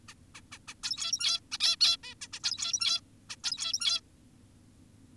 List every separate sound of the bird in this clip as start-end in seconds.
0.08-0.14, 0.35-0.41, 0.52-0.58, 0.68-0.74, 0.84-1.40, 1.52-1.59, 1.60-1.76, 1.81-1.97, 2.04-2.14, 2.22-2.28, 2.33-2.40, 2.44-3.01, 3.30-3.36, 3.44-4.01